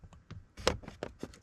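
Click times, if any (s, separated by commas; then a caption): 0.7 s. A plastic cabin air filter cover on a Gen 3 2010–2015 Prius has its tab inserted and is then pushed closed into the housing behind the glove box. A short series of light taps and handling sounds is heard, with a sharp latch click at 0.7 s and softer knocks around it. The cover clicks shut and is seated.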